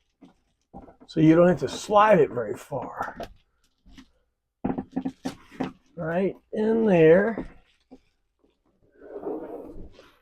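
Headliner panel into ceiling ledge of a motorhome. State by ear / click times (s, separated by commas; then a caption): not seated / none. A sectioned headliner panel is handled and slid a short way along a ledge in a motorhome ceiling while someone talks, with a few brief taps and knocks around 4.7–5.6 s. Nothing has seated or clicked yet; the panel is not yet home.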